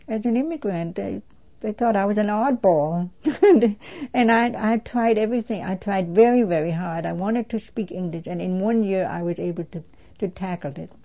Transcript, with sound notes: As an immigrant, they thought that I was an oddball (she laughs) and I tried everything. I tried very, very hard, I wanted to speak English and in one year I was able to tackle it.